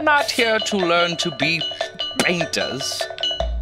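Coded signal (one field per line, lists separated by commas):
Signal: none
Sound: game music and sounds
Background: speech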